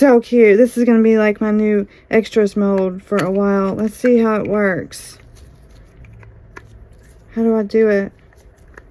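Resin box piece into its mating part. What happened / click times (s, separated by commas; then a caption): The part is handled but not yet seated; no seating snap is heard / none. Someone talks while handling a resin box piece, working out how it fits into its mating part, with faint small handling ticks in the quiet stretches between phrases. Nothing has seated or clicked yet; the clip ends before the piece goes home.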